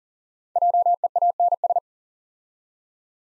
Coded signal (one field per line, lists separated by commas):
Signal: Morse code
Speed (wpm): 40 wpm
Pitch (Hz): 700 Hz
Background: none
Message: JEANS